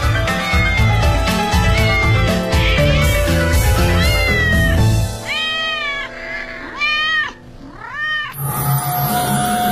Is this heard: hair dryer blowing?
no